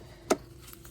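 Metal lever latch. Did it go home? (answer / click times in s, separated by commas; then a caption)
yes / 0.3 s. With the car off, the manual neutral release lever on the automatic transmission of a BMW F82 M4 is flicked up and locks into place with one sharp click at 0.3 s, putting the transmission in neutral. Two faint ticks follow at about 0.7 and 0.9 s over a quiet background. No one talks.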